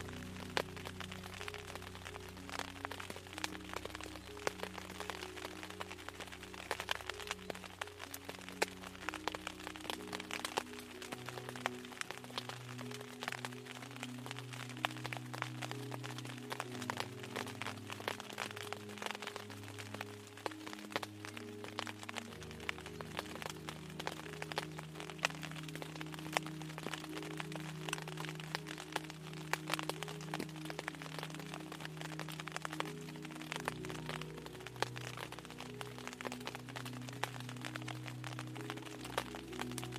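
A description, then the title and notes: Light rain patters on a tent in a dense, steady stream of fine ticks and crackles that runs evenly for the whole time. Underneath sits a low, droning hum whose pitch shifts in steps at a few points. Rainy Tent Sleep Drone. A light rain drizzles on your tent, but you're warm and cozy inside with sleepy tones playing softly in the background.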